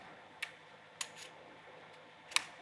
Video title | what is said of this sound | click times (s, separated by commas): How to Optimize Tensioning When Using the Fiberstitch™ 1.5 Implant During All‑Inside Meniscal Repair | two clicks, then you're good. | 0.4 s, 2.4 s